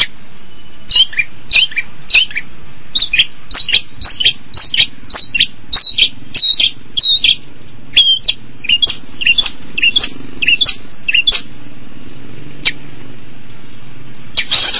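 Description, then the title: Long-tailed shrike song: long series of short, bent whistled notes, then a pause and a final harsh burst. Combination song (kombinasi) style. "Cendet Kombinasi"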